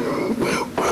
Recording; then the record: coughing mixed with background sound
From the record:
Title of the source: Coughing 77